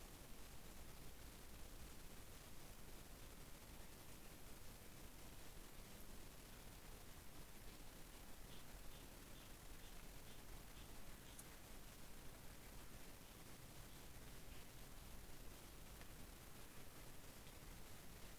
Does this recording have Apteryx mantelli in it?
no